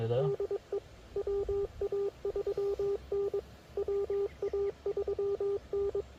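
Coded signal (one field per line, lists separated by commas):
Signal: Morse code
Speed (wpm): 21 wpm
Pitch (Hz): 400 Hz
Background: speech, radio noise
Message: DE WA3N WA3N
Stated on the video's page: POTA park activation from a car trunk with a Yaesu FT-857, Putikeeg paddle key and JPC7 dipole; rough conditions.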